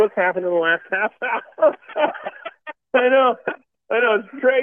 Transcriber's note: laughs